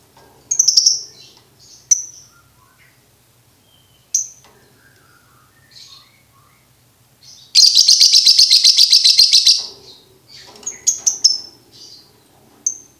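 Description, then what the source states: Lovebird song with scattered high chirps, then a loud, fast buzzy trill lasting about two seconds, followed by more chirps and soft chatter. Used to train birds to learn ngekek singing.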